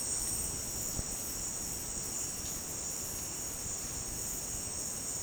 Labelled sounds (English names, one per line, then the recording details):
none
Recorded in secondary vegetation near Puerto Asís, Putumayo, Colombia, on 25 June 2025 at 12:30
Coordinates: 0.484, -76.319
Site G074